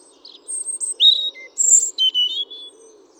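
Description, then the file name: European robin song: high squeaky notes, a short drop, then a loud thin whistle and a lower warbled ending, with faint hum underneath. "Erithacus rubecula"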